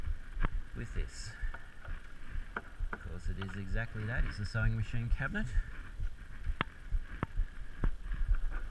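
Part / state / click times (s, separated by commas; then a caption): cabinet cutout panel into a sewing-machine style cabinet / not seated / none. Someone talks while handling the pull-out cutout panel of a sewing-machine style cabinet that houses AV equipment, with sharp knocks and handling taps throughout. The panel has not clicked into place yet.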